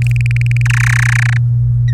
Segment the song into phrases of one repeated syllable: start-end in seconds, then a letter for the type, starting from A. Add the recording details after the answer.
0.02-0.62 A, 0.65-1.37 B. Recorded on 24 April 2018 at 18:10. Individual llb3